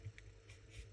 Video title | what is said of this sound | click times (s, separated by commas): Sony WH-CH520 Headphones Swivel / Hinge Replacement Repair Tutorial | in and start securing the cover from the top first and then press it until it clicks in place. | 0.2 s